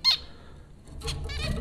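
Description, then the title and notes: Zebra finch nasal honking calls, one sharp call at the start, then a brief cluster of overlapping buzzy calls after a short pause. Zebra finches at Popcorn School, Flatbush, Brooklyn, New York; recorded April 2009 by Dan Bodah. "Dronecast No. 030: The Popcorn Finches Four from Apr 15, 2009. Zebra finches recorded by Dan Bodah at Popcorn School, Flatbush, Brooklyn NY in April 2009"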